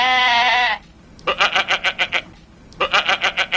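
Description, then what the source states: Goat bleating: one long wavering harmonic bleat, then two bursts of rapid stuttering pulses, several pulses each, separated by a short pause. Reply call.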